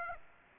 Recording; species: mosquito wingbeat signal from an infrared sensor; Aedes aegypti